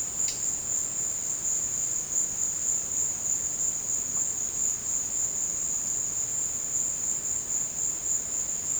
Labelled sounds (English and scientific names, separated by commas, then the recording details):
none
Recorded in dense forest near Puerto Asís, Putumayo, Colombia, on 24 March 2025 at 15:30
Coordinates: 0.481, -76.323
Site G088